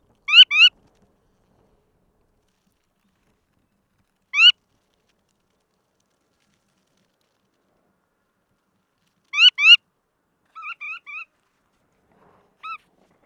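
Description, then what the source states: Red knot calls: short upslurred notes, some in quick pairs, spaced several seconds apart, followed by a few softer, weaker notes near the end. Subspecies roselaari.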